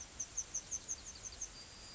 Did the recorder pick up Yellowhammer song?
yes